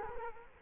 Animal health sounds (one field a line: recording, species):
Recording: mosquito wingbeat signal from an infrared sensor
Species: Culex quinquefasciatus